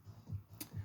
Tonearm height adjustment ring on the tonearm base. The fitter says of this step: height marker until it clicks in place